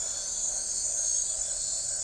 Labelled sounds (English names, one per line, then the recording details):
none
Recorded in forest near Pivijay, Magdalena, Colombia, on 2 June 2023 at 22:00
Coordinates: 10.467, -74.380
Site Z5-G034